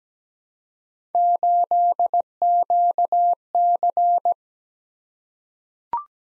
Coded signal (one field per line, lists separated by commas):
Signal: Morse code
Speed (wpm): 17 wpm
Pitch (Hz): 700 Hz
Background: none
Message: 8QC